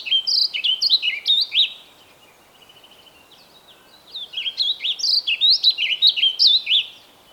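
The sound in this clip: Bird song: a rapid phrase of slurred high whistles, a short soft trill in the pause, then a longer, livelier run of bouncing whistled notes.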